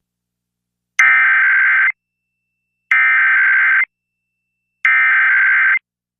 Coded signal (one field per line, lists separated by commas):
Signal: Emergency Alert System (SAME) tones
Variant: header bursts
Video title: Washington D.C. EAS: Required Monthly Test (3/20/24) #radio #eas #easalert